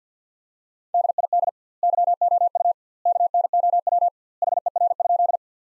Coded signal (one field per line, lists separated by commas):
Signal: Morse code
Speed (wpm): 45 wpm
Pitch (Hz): 700 Hz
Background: none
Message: DID YOU KNOW HER?